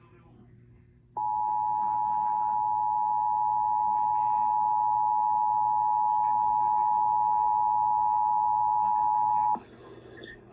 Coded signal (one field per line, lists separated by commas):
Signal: Emergency Alert System (SAME) tones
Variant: 853 and 960 Hz attention tone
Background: speech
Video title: October’s Enhanced Nightmares | EAS Alerts from 10/10/21 (EAS #71-95)